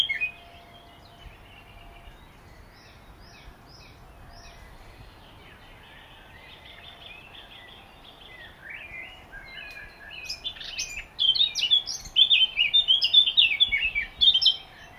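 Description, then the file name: Eurasian blackcap with a long quiet, muttered warble that gradually strengthens into a loud burst of rich fluty phrases in the final few seconds. "Sylvia atricapilla"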